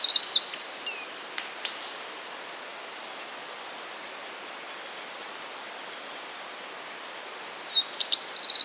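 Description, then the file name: Meadow bunting: high, quick twittering song phrases of a bunting at the start and end, separated by a long quiet gap with light background hiss. "Emberiza cioides"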